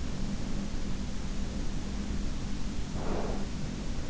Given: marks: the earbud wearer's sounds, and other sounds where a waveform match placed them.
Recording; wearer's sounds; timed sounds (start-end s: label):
sounds in sleep by an in-ear microphone; breath
1.25-3.67 s: breath